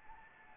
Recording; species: mosquito wingbeat signal from an infrared sensor; Anopheles gambiae